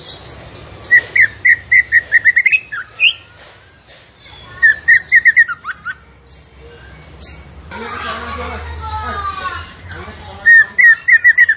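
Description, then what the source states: Zebra finch song of quick repeated whistled notes in bursts, with a harsh scratchy chatter in the middle before the whistling returns. Vigorously singing (gacor) bird from a masteran recording used to train kept songbirds.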